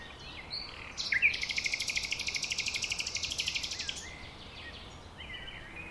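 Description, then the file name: Common nightingale song: one sharp note opening into a loud, dry, buzzy rattle held for nearly three seconds, then fading to faint notes. "Luscinia megarhynchos"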